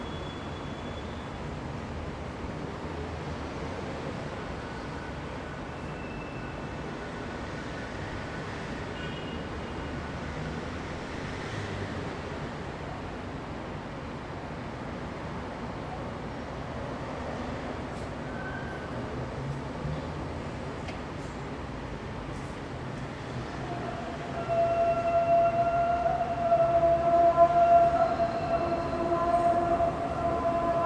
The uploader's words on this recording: Trains, Trams And Automobiles. Recorded around 8:30AM near the Rijswijkseplein, The Hague. At this place you can hear a never ending stream of traffic sounds.